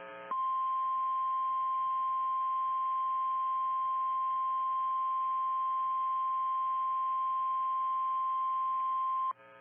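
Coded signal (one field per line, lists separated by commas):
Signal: Emergency Alert System (SAME) tones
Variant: 1050 Hz attention tone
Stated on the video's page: Derecho alerts received on NOAA Weather Radio.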